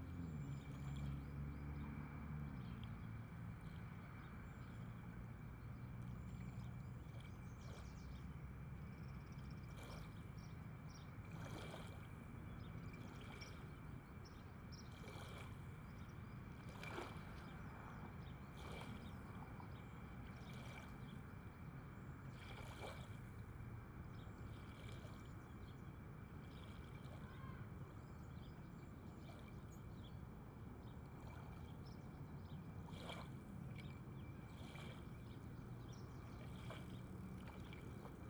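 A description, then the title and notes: Water washes steadily against the river's edge, a dense, constant wash with frequent small splashes and slaps scattered throughout. A low rumble and a faint steady tone sit underneath, suggesting an engine or boat, and the level stays even from start to finish. I took a walk one early morning and found the water washing up to be calming among all of the sounds of life around me. This audio was captured using the Roland CS-10EM Binaural monitors with the Tascam DR-05X field recorder while sitting on the edge of the Niagara River at Isleview Park in Tonawanda, New York.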